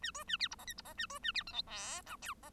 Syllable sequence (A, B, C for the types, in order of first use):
A B A C D E F D E A B A C G H I J K E